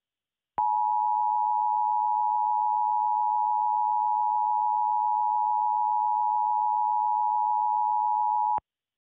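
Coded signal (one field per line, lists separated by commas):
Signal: Emergency Alert System (SAME) tones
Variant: 853 and 960 Hz attention tone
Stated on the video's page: Fictional East Coast tsunami EAS alert made as a gift.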